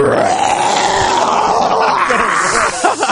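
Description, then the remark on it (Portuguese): A person imitates a lion's roar with one loud, rough, sustained growl lasting about three seconds, gravelly and strained throughout, rising slightly at the end. “E de repente ele se deparou com um leão.”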